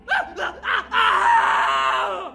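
A man lets out a shrill, terrified scream: a few short choppy yelps rising into one long, sustained, strained cry that holds loud for over a second before cutting off.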